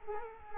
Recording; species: mosquito wingbeat signal from an infrared sensor; Culex quinquefasciatus